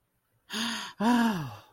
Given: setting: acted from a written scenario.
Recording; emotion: vocal sound without words; awe